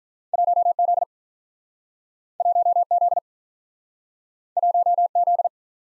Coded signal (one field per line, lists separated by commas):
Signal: Morse code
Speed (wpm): 47 wpm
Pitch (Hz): 700 Hz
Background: none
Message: 1 Z 1 Z 1 Z